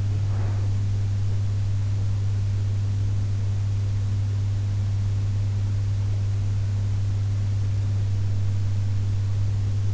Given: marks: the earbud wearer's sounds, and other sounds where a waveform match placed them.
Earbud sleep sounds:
sounds in sleep by an in-ear microphone; breath
0.00-1.10 s: breath

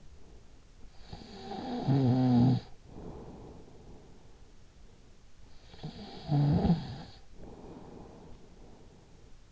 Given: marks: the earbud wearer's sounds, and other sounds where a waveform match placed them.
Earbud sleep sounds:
sounds in sleep by an in-ear microphone; snoring breath
0.52-4.86 s: snoring breath
5.46-9.52 s: snoring breath

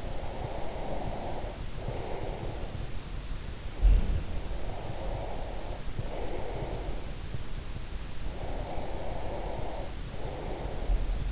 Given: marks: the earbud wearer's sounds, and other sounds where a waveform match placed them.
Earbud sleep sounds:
sounds in sleep by an in-ear microphone; breath
0.00-2.94 s: breath
3.73-7.30 s: sound from someone else or the room
4.43-7.30 s: breath
8.27-11.32 s: breath

